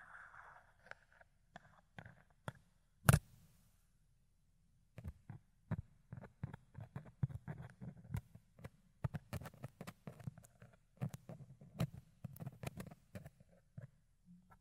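Ear cleaning and picking, heard as sharp crackling clicks and scratchy rustles, with one loud pop near three seconds. After a quiet pause around four seconds, dense irregular crackles and soft low rubbing continue steadily to the end.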